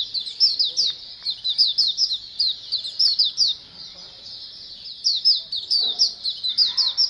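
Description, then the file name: White-eyes chirping as a flock, a dense run of quick high twittering notes in bursts, with a short quieter gap midway. A colony of white-eyes calling together. "suara pleci koloni omkicau"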